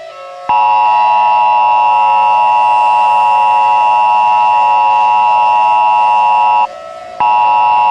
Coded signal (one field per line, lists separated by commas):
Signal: Emergency Alert System (SAME) tones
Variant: 853 and 960 Hz attention tone